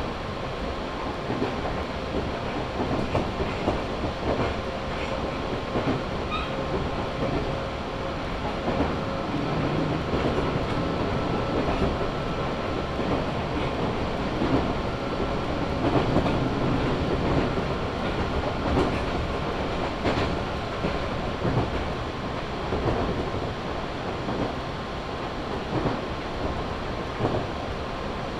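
A train on the Chuo West Line between Jujikane and Kiso-Fukushima rumbles steadily, with a faint whine over it and scattered clicks from the rails.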